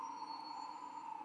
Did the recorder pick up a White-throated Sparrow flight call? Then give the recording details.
no. No flight call is heard. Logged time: 00:08 on 1 November 2014